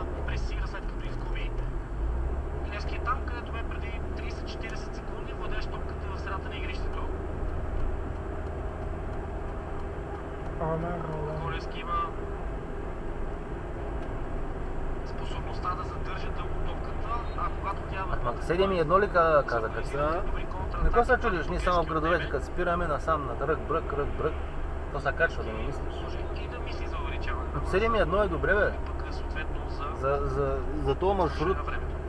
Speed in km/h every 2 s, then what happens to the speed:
43, 42, 44, 46, 47, 48, 48, 47, 45, 44, 43, 42, 43, 42, 41, 41.
0-32 steady at about 43.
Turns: none.